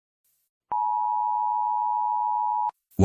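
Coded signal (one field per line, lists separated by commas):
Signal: Emergency Alert System (SAME) tones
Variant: 853 and 960 Hz attention tone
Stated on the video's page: Fictional EAS scenario.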